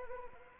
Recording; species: mosquito wingbeat signal from an infrared sensor; Anopheles arabiensis